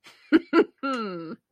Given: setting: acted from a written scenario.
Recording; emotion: vocal sound without words; pride